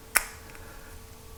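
A magnetic mount insert with quarter-turn tabs is handled into the base of a Neewer GP 21 mag mount for GoPro, before the quarter turn that snaps the red cap into place. A sharp, bright tick sounds at 0.2 s, followed by a faint brief sound near 0.6 s over a low steady hum. The part has not seated or snapped into place yet.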